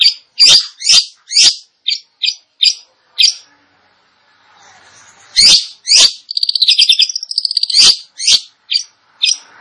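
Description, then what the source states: Long-tailed shrike giving loud, spaced harsh notes, a pause with soft background noise, then a quick trill among more harsh calls. Indonesian name cendet; described as gacor, actively and vigorously singing.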